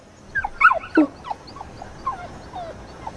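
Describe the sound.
Dog giving high, whining yips and squeals that slide downward, clustered in the first second, then softer thin whimpers repeated irregularly.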